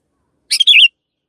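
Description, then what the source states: Canary song phrase: two quick high chirps followed by a rolling trill, all within half a second, then quiet. Long canary song used as master audio for training birds.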